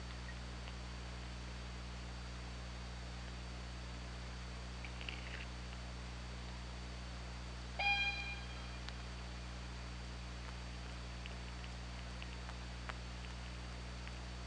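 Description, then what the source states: Orca call, one short harmonic tonal burst near the middle, with a few faint clicks scattered through steady underwater hiss and low hum. Recorded by OrcaLab hydrophone on 24 August 2017 at 23:18:30.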